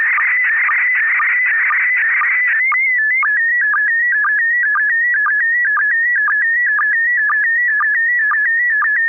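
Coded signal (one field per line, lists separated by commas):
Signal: SSTV (slow-scan television)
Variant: PD 120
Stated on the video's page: SSTV net on a 441.300 MHz FM repeater in Sacramento, California, sent with MMSSTV software.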